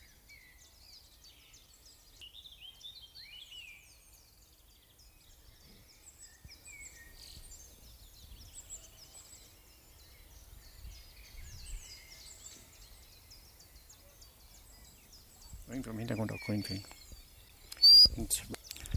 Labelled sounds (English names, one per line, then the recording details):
Eurasian Blackcap song
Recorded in the wild
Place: Lübars (Fließtal), Berlin, DE
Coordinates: 52.6167, 13.35
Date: 2005-05-01 13:30
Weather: sunny, 22°C
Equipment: Sony WM-D6C, Sony ECM-MS 907, Kopie Uher 4000 Report Monitor
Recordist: Tembrock, Günter